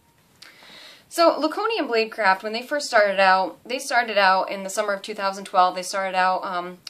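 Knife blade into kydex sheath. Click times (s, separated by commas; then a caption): 0.4 s. A fixed-blade knife, the Tyrant Hunter by Lakonian Bladecraft, is pushed into its molded kydex sheath. It snaps into place with a single sharp click at 0.4 seconds and is held securely by the sheath's friction fit. Someone then talks for the rest of the clip.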